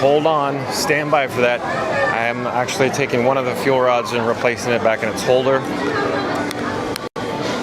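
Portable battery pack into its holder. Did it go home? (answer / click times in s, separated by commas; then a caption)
yes / 7.0 s. Someone talks while taking out a portable power bank, which he calls a "fuel rod," and pushes it back into its holder. A short sharp sound comes at 6.5 s, and the pack clicks into the holder at 7.0 s, where it is seated.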